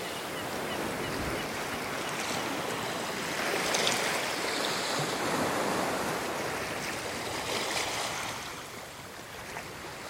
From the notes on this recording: A mosaic of sounds recorded on 100 beaches from around the world